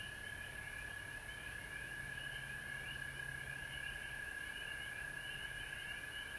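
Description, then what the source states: A continuous frog chorus of high trills at two pitches, with a low humming tone that comes and goes. Recorded at home in Georgia on March 19, 2020.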